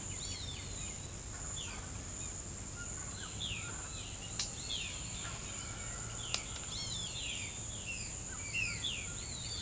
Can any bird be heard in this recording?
yes